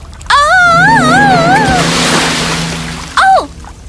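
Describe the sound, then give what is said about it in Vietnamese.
A loud surge of sea water rushes and sloshes like a breaking wave, with a wavering high tone riding over its start, then a brief falling cry as the wash fades. “Đột nhiên có một con sóng cuốn Alice ra khỏi cánh cửa.”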